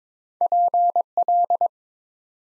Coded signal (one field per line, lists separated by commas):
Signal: Morse code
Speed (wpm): 22 wpm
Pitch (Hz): 700 Hz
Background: none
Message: PL